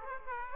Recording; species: mosquito wingbeat signal from an infrared sensor; Aedes aegypti